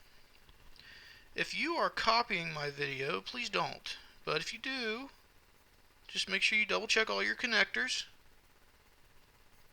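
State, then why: Not seated. A phone's flex cable connectors are handled over their mainboard sockets on a Motorola Moto G Power (2021) after a battery swap, with faint handling ticks near the start while someone talks. Nothing has seated or clicked yet; the connectors are not home.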